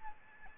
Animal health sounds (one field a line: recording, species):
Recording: mosquito wingbeat signal from an infrared sensor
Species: Aedes albopictus